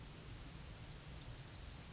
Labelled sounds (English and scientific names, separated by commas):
Yellowhammer (Emberiza citrinella) song